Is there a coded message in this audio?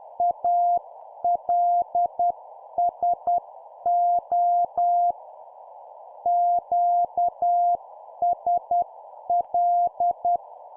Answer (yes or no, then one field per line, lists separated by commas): yes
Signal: Morse code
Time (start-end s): 0.2-10.4 s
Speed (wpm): 10 wpm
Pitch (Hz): 700 Hz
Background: none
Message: ALSO QSL